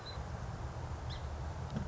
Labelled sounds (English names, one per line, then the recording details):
Song Sparrow
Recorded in Sonoma County, California